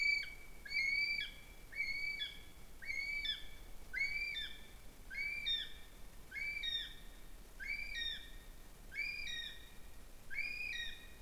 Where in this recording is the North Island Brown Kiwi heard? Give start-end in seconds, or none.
0.00-11.22